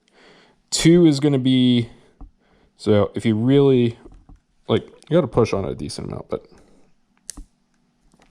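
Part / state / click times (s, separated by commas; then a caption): brake selector dial on a baitcasting fishing reel / seated / 7.3 s. Someone talks while pushing in and turning the external brake selector dial (plastic/metal) on a Curado DC baitcasting fishing reel from setting 1 to setting 2, which takes a decent push. A sharp click at 7.3 s marks the dial locking into the new setting.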